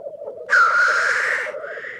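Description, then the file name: Black grouse gives one loud, rasping hiss lasting about a second over a low, continuous bubbling coo. "Digiffects Sound Effects Library - Black Grouse Bird Version 1"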